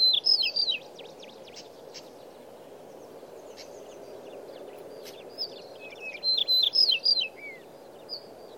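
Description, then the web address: Yellow-breasted Bunting singing brisk, sweet phrases of varied chirps and slurred notes, one at the start and a longer one later, with constant low background rumble. Yellow-breasted Bunting voice, Monbetsu, Hokkaido, Japan, 26 June 2010. "shiryo koe shimaaoji 100626 monbetsu hanada"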